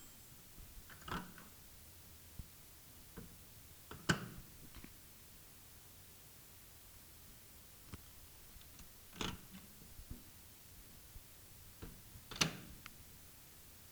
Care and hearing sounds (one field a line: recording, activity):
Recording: daily activity, guitar pickup as the sensor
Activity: use microwave